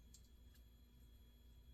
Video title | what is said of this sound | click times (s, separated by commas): ABU Garcia Ambassadeur Ultra Mag XL Plus, clean, lube, bearing upgrade, and drag upgrade | still hasn't popped in into place | none